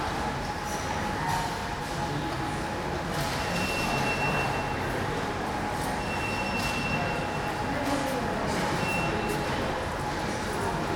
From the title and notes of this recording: Train station ticket office. A ticket office of a train station, which is mostly deserted, with only a few travellers.